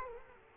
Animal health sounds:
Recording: mosquito wingbeat signal from an infrared sensor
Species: Culex quinquefasciatus

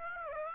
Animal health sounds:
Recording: mosquito wingbeat signal from an infrared sensor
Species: Aedes aegypti

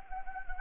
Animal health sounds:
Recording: mosquito wingbeat signal from an infrared sensor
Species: Anopheles gambiae

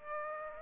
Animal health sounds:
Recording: mosquito wingbeat signal from an infrared sensor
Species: Aedes aegypti

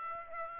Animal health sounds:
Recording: mosquito wingbeat signal from an infrared sensor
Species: Aedes aegypti

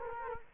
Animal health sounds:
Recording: mosquito wingbeat signal from an infrared sensor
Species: Culex quinquefasciatus

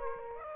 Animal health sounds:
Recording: mosquito wingbeat signal from an infrared sensor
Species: Aedes aegypti

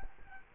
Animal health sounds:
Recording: mosquito wingbeat signal from an infrared sensor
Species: Culex quinquefasciatus

